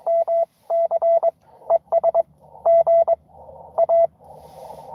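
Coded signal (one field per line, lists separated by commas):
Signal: Morse code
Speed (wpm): 22 wpm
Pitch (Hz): 690 Hz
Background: radio noise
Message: MC ES GA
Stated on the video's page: Live Parks on the Air CW activation for a 12 days of Christmas event.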